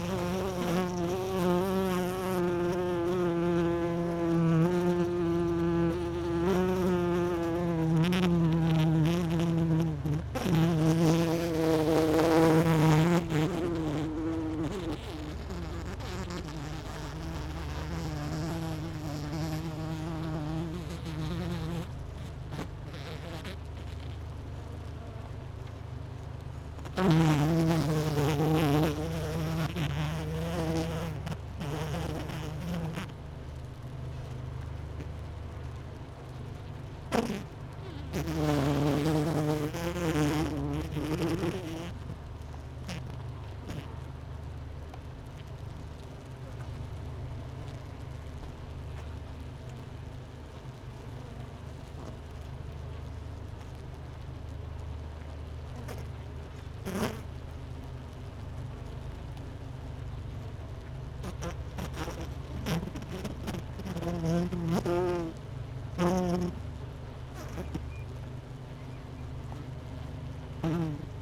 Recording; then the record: honeybee colony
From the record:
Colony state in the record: missing queen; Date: 31 May 2018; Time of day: 10:10